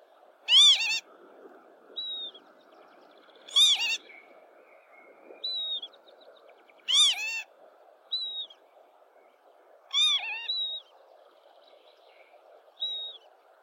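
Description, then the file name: Lapwing calling about every three seconds, with four loud, harsh cries, some doubled. Short thin whistled notes from another bird fill the gaps. "canto do abibe"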